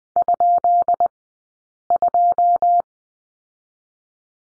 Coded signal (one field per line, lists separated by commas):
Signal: Morse code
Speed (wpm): 20 wpm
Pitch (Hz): 700 Hz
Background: none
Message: ?2